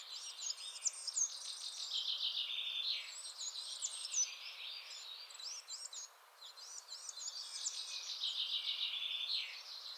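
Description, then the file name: Coal tit chatter, thin high notes and buzzy trills in two long bursts, over steady background hiss. Chattering (bavarde) calls. "MESANGE NOIRE BAVARDE"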